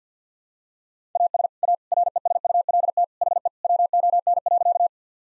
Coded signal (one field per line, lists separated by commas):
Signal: Morse code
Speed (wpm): 50 wpm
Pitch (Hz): 700 Hz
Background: none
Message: AS A RESULT HE WON.